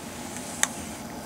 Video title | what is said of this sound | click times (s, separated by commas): 1886 Lebel rifle disassembly and reassembly (forearm/magazine) | with the rear barrel band slide that over the spring till it pops into place | 0.6 s